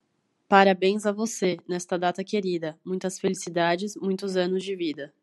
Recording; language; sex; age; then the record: short text; Brazilian Portuguese; female; 20 to 29 years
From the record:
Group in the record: control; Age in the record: 25 years